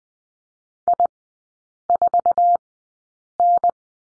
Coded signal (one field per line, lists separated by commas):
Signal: Morse code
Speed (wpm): 20 wpm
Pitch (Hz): 700 Hz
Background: none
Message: I4N